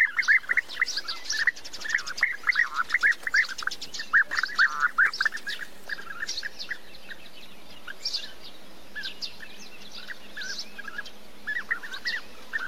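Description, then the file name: European bee-eater calls: rolling, purring notes in clusters early on, becoming sparser and quieter over a constant background hiss. "canto do abelharuco comum"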